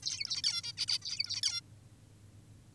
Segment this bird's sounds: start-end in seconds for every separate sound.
0.03-0.42, 0.44-0.62, 0.64-0.73, 0.77-0.86, 0.88-0.99, 1.02-1.41, 1.43-1.61